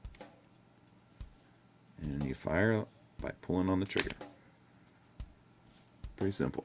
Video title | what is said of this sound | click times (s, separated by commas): Star Wars Deluxe Boba Fett with Rocketpack POTF | push it back in there - you hear click and | 0.2 s